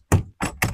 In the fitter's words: that one's not latching all the way here